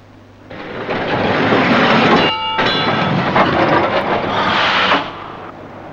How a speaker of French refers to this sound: Attention, attention. Le métro en folie va démarrer dans quelques secondes. Monsieur le conducteur, il est l'heure.